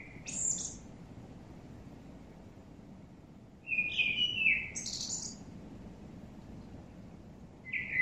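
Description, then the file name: Common blackbird singing softly: short mellow warbled phrases separated by pauses, with high scratchy notes, against a steady background rumble. "Turdus merula"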